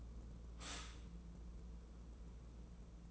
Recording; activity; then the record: daily activity, microphone in the room; stop toaster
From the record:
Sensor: 1